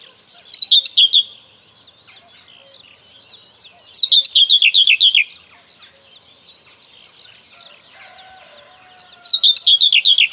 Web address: Kurs PTTK Przyroda Ptaki Cierniówka